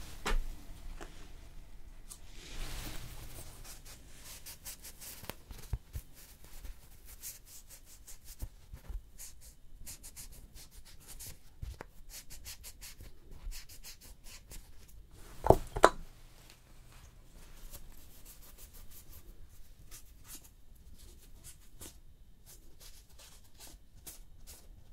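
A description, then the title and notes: Quiet hand-care work: soft rubbing and light tapping, with a steady run of small clicks and brushing strokes through most of the clip. A brief louder scrape comes near the start, and a sharper handling burst comes around fifteen seconds. ASMR Relaxing Hand Massage, Nail Care & Art No Talking (Layered Sounds).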